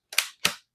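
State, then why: Seated. The nozzle and canister front assembly of a cordless paint sprayer for a DEWALT 20V battery is pushed onto the sprayer body housing. Sharp, bright plastic clicks sound at 0.1, 0.2 and 0.5 seconds, each with a short fading tail. The assembly clicks into place and is seated.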